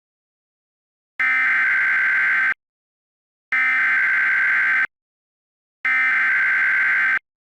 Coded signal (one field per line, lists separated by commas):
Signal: Emergency Alert System (SAME) tones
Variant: header bursts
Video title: ChyTV EAS Test